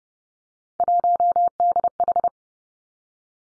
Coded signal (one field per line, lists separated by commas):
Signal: Morse code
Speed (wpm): 30 wpm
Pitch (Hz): 700 Hz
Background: none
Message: 1DH